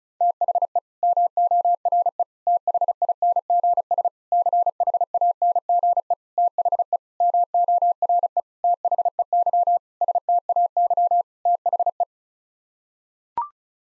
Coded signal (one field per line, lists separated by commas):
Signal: Morse code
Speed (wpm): 34 wpm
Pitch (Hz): 700 Hz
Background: none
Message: THE MORE THINGS CHANGE THE MORE THEY STAY THE